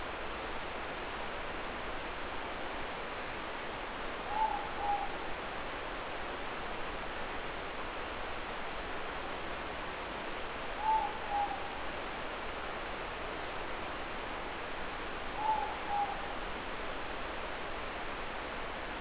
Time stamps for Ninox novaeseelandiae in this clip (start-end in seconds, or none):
4.19-5.14, 10.70-11.65, 15.25-16.25